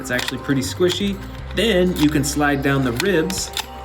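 Someone talks while handling a plastic rib cover piece on the squishy battle-damage stomach opening of an Albertosaurus dinosaur action figure, getting ready to slide it down over the stomach. Nothing has seated or clicked into place yet.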